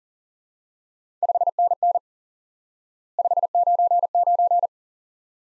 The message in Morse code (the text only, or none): 5NN 599